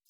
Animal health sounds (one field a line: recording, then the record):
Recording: hydrophone in a shrimp aquaculture tank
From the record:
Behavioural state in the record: feeding